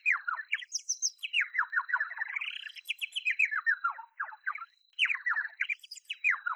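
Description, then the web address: Bird delivering rapid twittering phrases that sweep up and down, with a brief pause and a thin steady tone behind them. "sakerhets-sm forensik beautiful-birds birds"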